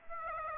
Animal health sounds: mosquito wingbeat signal from an infrared sensor; Aedes aegypti

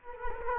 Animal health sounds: mosquito wingbeat signal from an infrared sensor; Culex quinquefasciatus

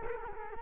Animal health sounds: mosquito wingbeat signal from an infrared sensor; Culex quinquefasciatus

